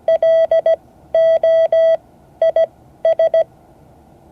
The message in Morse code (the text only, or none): LOIS